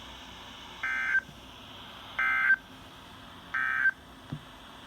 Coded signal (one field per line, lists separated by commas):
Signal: Emergency Alert System (SAME) tones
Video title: First weekly tests of October EAS# 324-326 10/7/20